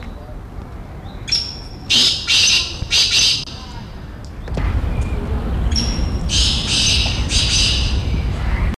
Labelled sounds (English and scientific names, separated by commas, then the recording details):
Black Francolin (Francolinus francolinus) call
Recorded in captivity
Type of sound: call
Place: Zoo Osnabrück, Niedersachsen, DE
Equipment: Halbspur, 9,5 cm/s
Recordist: Lütgens, Hans
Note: Rufe